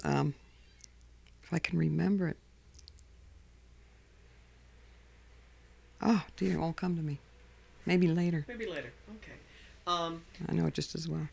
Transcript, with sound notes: If I can remember it. ( pause ) Oh, dear. It won't come to me. Maybe later.
Maybe later. Okay.
I know it just as well.